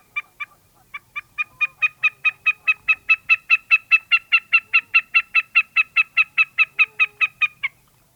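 Wilson's snipe calling: a long, even series of sharp, clipped notes repeated rapidly, swelling in loudness, then stopping.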